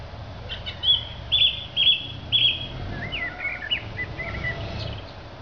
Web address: Zingende lijster